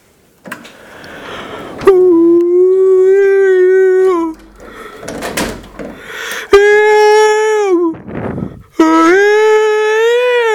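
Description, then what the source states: Orangutan calls: three long, steady, harmonic howls, the last rising slightly, with breathy and rustling noise between them. Recorded 7 July 2013.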